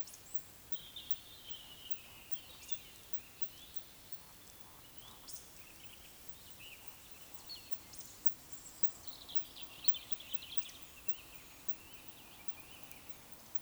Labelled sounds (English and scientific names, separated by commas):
Eurasian Woodcock (Scolopax rusticola) whistle, Eurasian Woodcock (Scolopax rusticola) croak